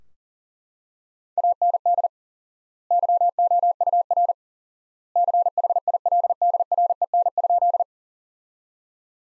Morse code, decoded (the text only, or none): AND YOUR CHILDREN?